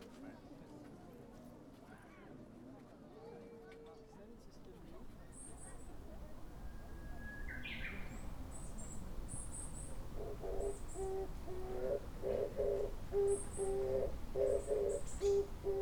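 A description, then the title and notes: Field recording from Japan with a steady low rumble underneath throughout. Brief, high bird chirps appear from about five seconds on. In the last six seconds a rhythmic run of mid-pitched calls, like cooing or voices, repeats quickly and the whole scene grows louder. Field recordings I made in Japan.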